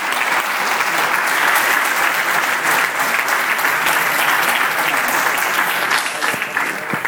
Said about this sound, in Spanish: Un fuerte aplauso